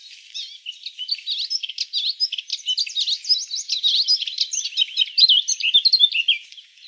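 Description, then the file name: Eurasian blackcap singing a continuous, fast, chattering warble of high, squeaky notes, steady throughout with a faint high hiss behind. "Sylvia atricapilla"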